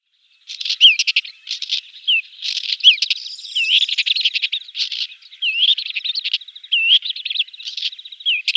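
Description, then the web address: Woodchat shrike song: a fast, varied jumble of scratchy, chattering notes and short curved whistles, with brief pauses, continuing steadily throughout. "Schulze Peter Woodchat Shrike song"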